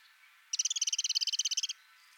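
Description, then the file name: Eurasian wren delivering one continuous rattle of around twenty sharp, evenly spaced ticks, lasting just over a second. "Troglodytes troglodytes"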